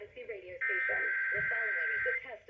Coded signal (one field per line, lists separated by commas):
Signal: Emergency Alert System (SAME) tones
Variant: header bursts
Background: speech